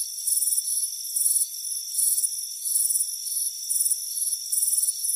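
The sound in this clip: Cricket chirping, high trilled bursts recurring steadily against a continuous thin whine.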